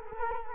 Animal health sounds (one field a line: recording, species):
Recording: mosquito wingbeat signal from an infrared sensor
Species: Culex quinquefasciatus